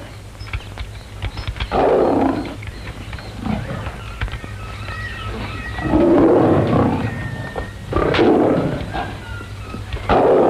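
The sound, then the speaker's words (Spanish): A lion roars several times in deep, rumbling bursts, loud and broad, with short pauses between them and a low steady hum underneath. “¿Por qué está ese león ahí?”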